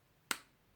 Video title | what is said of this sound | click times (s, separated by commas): Elephone A4 le test, un superbe design!! | jack qui se clipse vraiment vraiment claque | 0.3 s